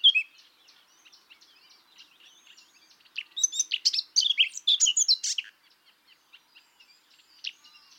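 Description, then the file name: Eurasian blackcap singing a rich, rapid burst of tumbling high warbled notes lasting about two seconds, with softer scratchy twittering before and after. "Sylvia atricapilla"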